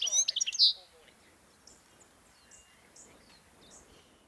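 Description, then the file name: European goldfinch uttering a short, liquid twittering burst lasting under a second, followed by sparse faint high chips against quiet background. "Carduelis carduelis"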